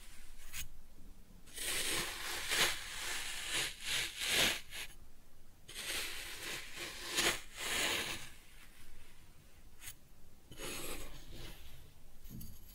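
Kinetic sand being cut and scooped, with soft, grainy rubbing and rasping strokes that come in uneven bursts. The louder scrapes cluster around two to five seconds and again near seven, with quieter crumbly shuffling and brief pauses between.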